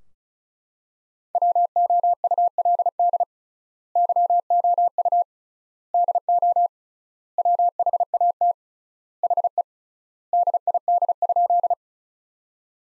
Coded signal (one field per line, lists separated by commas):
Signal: Morse code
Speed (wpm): 36 wpm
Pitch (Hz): 700 Hz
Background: none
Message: WOULD YOU DO WHAT HE DID?